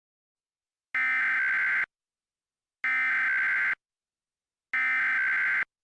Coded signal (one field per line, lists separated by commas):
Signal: Emergency Alert System (SAME) tones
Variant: header bursts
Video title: EAS Scenario: Lava Can Hear You REMASTERD: Original Made By Matthew Cumpton